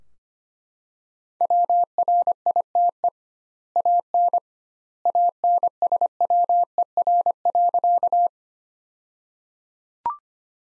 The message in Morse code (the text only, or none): WRITE AN ANSWER.